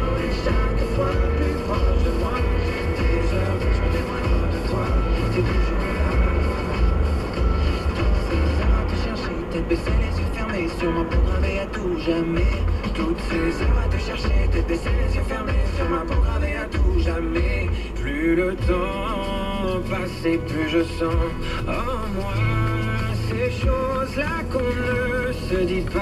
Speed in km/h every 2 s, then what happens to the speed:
56, 58, 58, 58, 57, 48, 46, 41, 22, 15, 18, 24, 27.
0-9 steady at about 58. 9-18 brakes to 15. 18-26 speeds up to 27.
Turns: none.